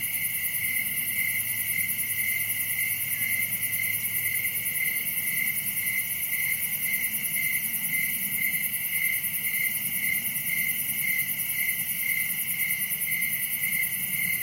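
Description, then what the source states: Many crickets chirping together in a dense, even high trill, steady for the whole stretch, with a quiet low hum early on. Recorded at night in summer in a wooded area, Dell Creek State Wildlife Area; crickets are the main sound.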